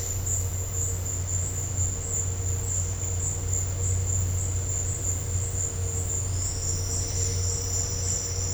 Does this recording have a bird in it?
no